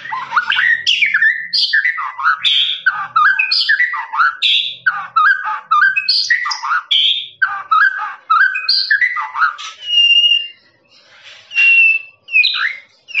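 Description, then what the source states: Lovebird chattering song of quick harsh squeaks in closely packed bursts, later thinning into a few separate high whistled notes with short gaps. Long, extended "ngekek" chattering song of a lovebird, used as a master recording for training birds.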